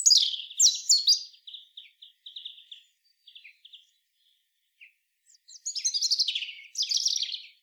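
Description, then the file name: European robin song: a loud, sparkling phrase opens, followed by softer thin trilled notes, then two more bright warbling bursts near the end. "Erithacus rubecula"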